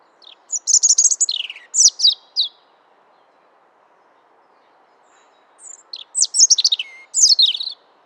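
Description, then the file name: European robin giving two bursts of song a few seconds apart, each a rapid cascade of high, tinkling and scratchy notes, separated by quiet pause with faint background hum. "Erithacus rubecula"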